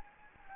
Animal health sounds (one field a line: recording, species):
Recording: mosquito wingbeat signal from an infrared sensor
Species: Anopheles gambiae